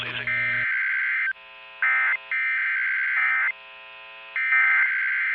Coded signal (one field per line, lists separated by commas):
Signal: Emergency Alert System (SAME) tones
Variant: end-of-message bursts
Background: speech